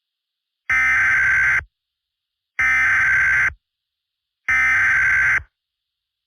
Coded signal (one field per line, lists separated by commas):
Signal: Emergency Alert System (SAME) tones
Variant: header bursts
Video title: EAS scenario jaylin baily tornado